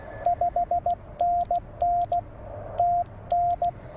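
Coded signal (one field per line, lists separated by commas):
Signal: Morse code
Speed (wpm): 16 wpm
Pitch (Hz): 700 Hz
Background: radio noise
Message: 5NN TN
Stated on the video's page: CW parks on the air activation with a Penntek TR45-L radio, offered as copy practice.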